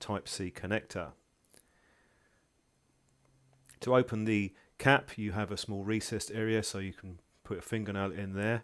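Someone talks while handling the swivel protective cap that covers the USB Type-C connector on an ADATA SE730 250GB external USB 3.1 pocket SSD, opening it with a fingernail in its small recessed area. A couple of faint ticks come during a quiet pause, but nothing has seated or clicked into place yet.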